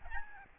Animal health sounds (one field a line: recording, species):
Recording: mosquito wingbeat signal from an infrared sensor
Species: Aedes albopictus